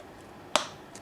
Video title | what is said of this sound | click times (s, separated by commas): REPAIR: permobil joystick centering errors | and these kind of snap into place if you listen closely | 0.6 s